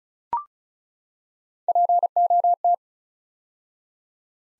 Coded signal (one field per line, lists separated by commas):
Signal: Morse code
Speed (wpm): 36 wpm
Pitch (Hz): 700 Hz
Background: none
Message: POT